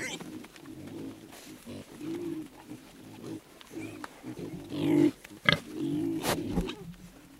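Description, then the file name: Wild boar grunting in a low, rough series of short grunts, growing louder near the end. "vildsvin"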